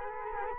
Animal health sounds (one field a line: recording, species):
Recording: mosquito wingbeat signal from an infrared sensor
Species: Culex quinquefasciatus